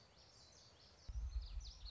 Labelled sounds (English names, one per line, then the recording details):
Common Yellowthroat
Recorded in Sonoma County, California